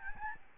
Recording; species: mosquito wingbeat signal from an infrared sensor; Aedes albopictus